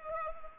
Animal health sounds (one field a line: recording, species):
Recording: mosquito wingbeat signal from an infrared sensor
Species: Culex pipiens